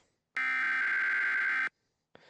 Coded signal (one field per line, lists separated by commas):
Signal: Emergency Alert System (SAME) tones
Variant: header bursts